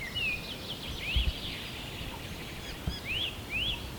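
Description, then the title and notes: Birds calling, clear rising whistled notes repeated, with softer chirps behind and a faint low rumble. Birds recorded at sunrise, morning. "am. Birds. Birds at sunrise"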